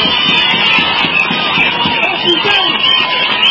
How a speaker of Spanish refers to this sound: Un aplauso para la compañía.